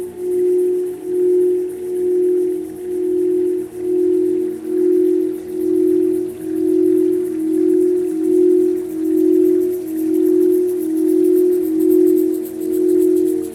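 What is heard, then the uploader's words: Crystal bowls ring out with a sustained, pure mid-pitched tone, swelling and fading in a steady pulse about once a second throughout. Faint higher overtones shimmer above, and a soft hiss sits underneath the whole time. Chrystal Bowls I recorded upstairs in the Integratron during a sleepover. Crystal Bowls - Integratron.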